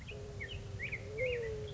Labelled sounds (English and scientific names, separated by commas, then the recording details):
Black-headed Grosbeak (Pheucticus melanocephalus)
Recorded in Sonoma County, California